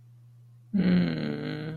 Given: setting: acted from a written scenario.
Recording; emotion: vocal sound without words; sadness